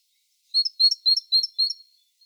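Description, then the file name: Great tit calling with five quick high two-part notes, each a clear pip followed by a sharper upper note, evenly spaced about a quarter second apart, otherwise silent. "Parus major"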